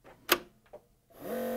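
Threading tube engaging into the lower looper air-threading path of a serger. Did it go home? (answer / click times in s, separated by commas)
yes / 0.3 s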